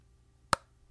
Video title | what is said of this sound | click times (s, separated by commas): Fantasy NBA Today Fantasy Basketball - Mega Weekend 3 Recap, COVID Postponements | yep holds itself shut with a little magnet you can hear the click right here on the on the microphone | 0.5 s